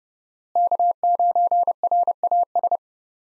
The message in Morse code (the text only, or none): K9RAS